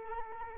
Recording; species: mosquito wingbeat signal from an infrared sensor; Culex quinquefasciatus